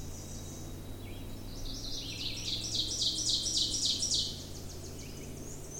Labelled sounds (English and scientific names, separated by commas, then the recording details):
Ovenbird (Seiurus aurocapilla) song
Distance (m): 20 m
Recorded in boreal forest in Alberta, Canada, on 20 June 2016 at 06:41
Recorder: SongMeter 3, array SBT-6-81
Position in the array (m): 43 m, 303 m
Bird 26